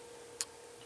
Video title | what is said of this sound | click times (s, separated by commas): C.K. builds a Legs kick drum kit from Herbs and Stones, eurorack | with the impact of the pot going through the board and clicking in place | 0.4 s